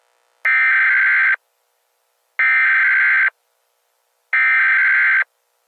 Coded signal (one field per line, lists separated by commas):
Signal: Emergency Alert System (SAME) tones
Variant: header bursts